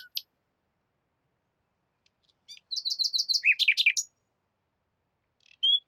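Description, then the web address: Bird song, a quick series of high repeated notes followed by lower chirping notes, then a brief whistled note after a pause, background otherwise silent. Recorded in Spain. "Jake Fielding - Sounds of Spain BIRDSong Bird"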